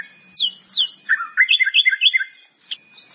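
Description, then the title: White-rumped Shama song with two bright downslurred whistles followed by a tumbling series of warbled notes, then a brief pause. "murai batu"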